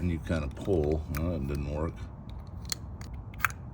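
A small gripping tool snapped onto a plastic lug nut cover on a wheel of a 2024 Range Rover is pulled, while someone talks for the first two seconds. After a failed first pull and a few faint ticks, the cover snaps free with a sharp click at 3.4 s and is released from the lug nut.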